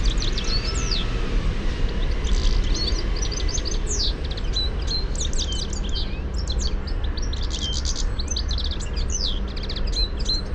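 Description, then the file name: European goldfinch calls, a busy stream of high, tinkling twitters throughout over a steady low rumble. "Carduelis carduelis"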